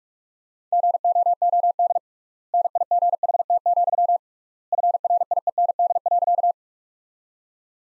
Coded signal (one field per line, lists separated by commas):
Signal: Morse code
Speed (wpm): 46 wpm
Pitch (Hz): 700 Hz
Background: none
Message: GOOD NIGHT, FRIEND.